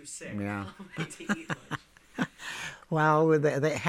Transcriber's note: they laugh